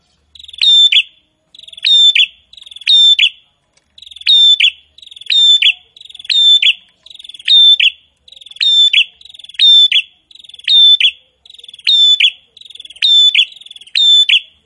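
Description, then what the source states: Prinia song: a long run of identical phrases, each a buzzy trill ending in a sharp high note, given about every second in clean, quiet surroundings. Prinia singing actively (gacor).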